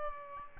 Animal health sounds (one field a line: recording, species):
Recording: mosquito wingbeat signal from an infrared sensor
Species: Aedes albopictus